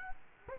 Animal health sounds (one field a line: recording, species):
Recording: mosquito wingbeat signal from an infrared sensor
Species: Culex quinquefasciatus